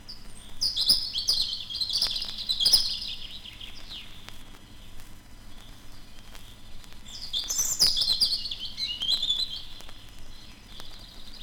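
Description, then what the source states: European Robin song: two separate high, tumbling phrases of thin warbles and trills, with a quiet pause of several seconds between them. Sings from the top of a small spruce, sun lighting its rusty-red breast; heard long into the evening as the forest falls quiet.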